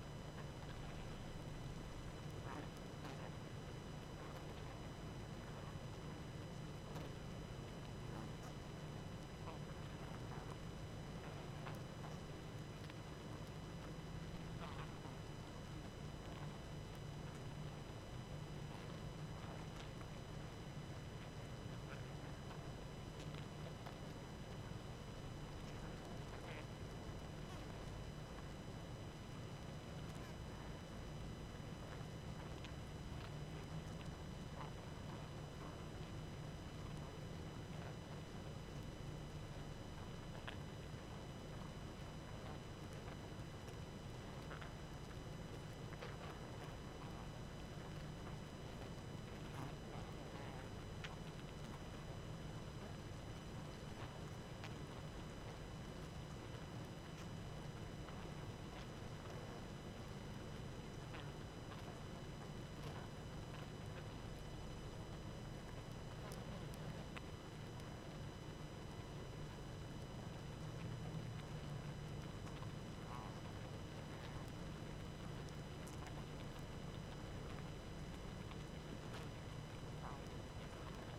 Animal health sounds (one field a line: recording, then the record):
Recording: honeybee colony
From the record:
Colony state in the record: active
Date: 12 June 2018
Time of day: 20:57